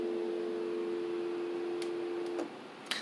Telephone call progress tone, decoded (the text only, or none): dial tone